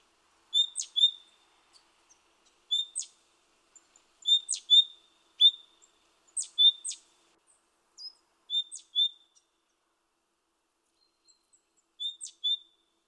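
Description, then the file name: Great tit calls: crisp, high two-note phrases with sharp downward flicks, repeated with pauses between. "Parus major"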